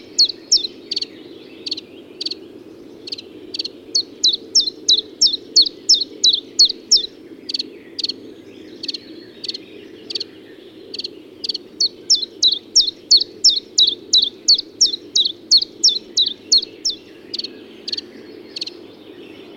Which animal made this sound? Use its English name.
Common Chiffchaff